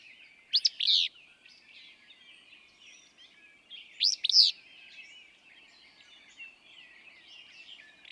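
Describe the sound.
Willow flycatcher song: two sharp, burry, sneezy phrases about three and a half seconds apart, with soft twittering of other birds underneath.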